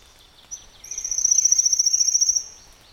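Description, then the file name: Pale-legged leaf warbler song: a brief high note, then a thin, very high, rapid insect-like trill of evenly repeated notes lasting about one and a half seconds. "warbler-pale-legged-leaf, Phylloscopus-tenellipes"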